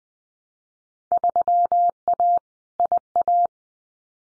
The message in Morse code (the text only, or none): 3A IA